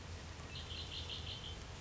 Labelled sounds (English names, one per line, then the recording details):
Red-winged Blackbird
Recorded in Sonoma County, California